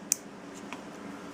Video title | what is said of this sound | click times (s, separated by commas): #22 Using an SD card to log data - and how to improve the reliability! | of putting this card in and you hear it click of course well | 0.1 s